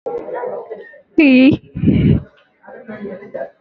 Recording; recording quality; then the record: sustained vowel as in beet; moderate, slight background noise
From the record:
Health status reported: recovered from COVID-19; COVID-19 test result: negative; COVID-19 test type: RT-PCR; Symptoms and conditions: cough, cold, sore throat, fever, fatigue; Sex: female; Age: 31 years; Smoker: no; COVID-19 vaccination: both doses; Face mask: worn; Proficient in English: yes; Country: India